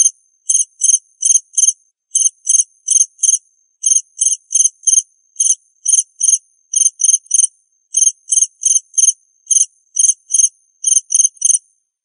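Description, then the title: Cricket chirps in a steady run of short, high, buzzy pulses with tiny breaks, continuing throughout without other sounds. "suara Hujan Guntur Suara Jangkrik Dan Burung"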